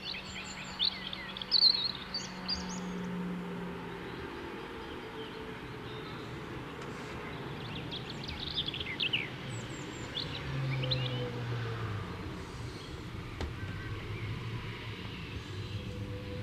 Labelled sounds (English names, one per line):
European Robin song